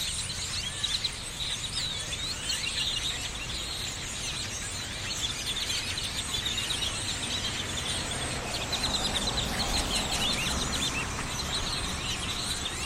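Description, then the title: Bird: a large flock of birds keeps up a constant, busy chorus of squeaky chirps and sharp whistles, with soft low background rumble. Birds perched on electrical lines, Austin, Texas, USA, January 2012; binaural, made while cycling through the USA. "Birds on electrical lines - Binaural field recording, Austin, Texas, 01 2012"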